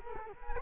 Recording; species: mosquito wingbeat signal from an infrared sensor; Culex quinquefasciatus